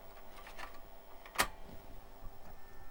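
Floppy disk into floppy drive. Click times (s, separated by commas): 1.3 s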